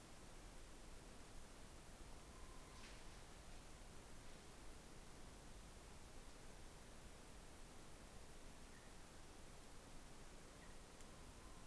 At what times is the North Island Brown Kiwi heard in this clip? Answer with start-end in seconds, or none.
none